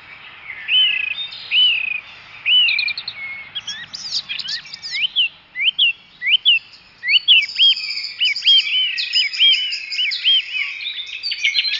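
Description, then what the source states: Birdsong: varied high whistles, upslurred notes and rapid chirping trills. Birds singing in the morning.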